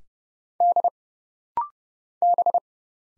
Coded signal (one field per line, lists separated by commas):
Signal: Morse code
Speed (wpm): 30 wpm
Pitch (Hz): 700 Hz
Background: none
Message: D B